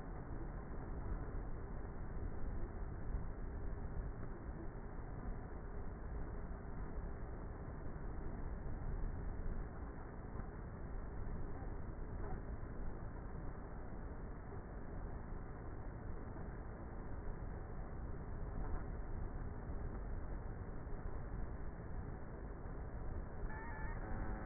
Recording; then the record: honeybee colony, microphone inside the hive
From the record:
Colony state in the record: queenless with a low population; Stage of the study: before two queens were removed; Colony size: about 30,000 bees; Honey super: no